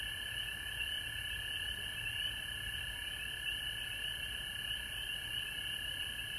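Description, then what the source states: Frog chorus of steady, high, ringing trills layered without pause, holding an even level over faint low-pitched noise. Frogs recorded at home in Georgia on March 19, 2020.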